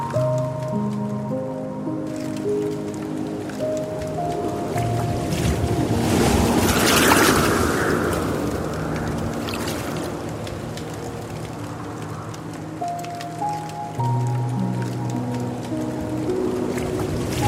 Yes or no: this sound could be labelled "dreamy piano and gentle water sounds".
yes